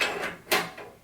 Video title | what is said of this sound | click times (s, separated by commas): Rosewill Cullinan Review and Unboxing | slide it in let's hear it click | 0.5 s